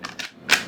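A pistol fitted with a weapon light is pushed into a Kydex level-1 IWB holster. Lighter clicks at about 0.1 and 0.2 seconds lead up to a loud snap at 0.5 seconds as the handgun seats firmly in the holster.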